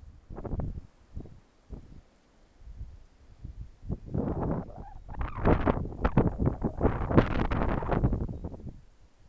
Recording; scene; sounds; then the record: everyday scene through a hearing-aid microphone; wind on the microphone; wind, traffic, birds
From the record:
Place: suburban garden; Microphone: behind the ear, left, front